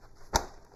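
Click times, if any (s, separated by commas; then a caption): 0.4 s. The plastic head of a Gemmy GhostFace Halloween animatronic is pushed onto its neck piece until it snap-locks. A single sharp click sounds at 0.4 s over faint background noise, and the head is seated on the neck.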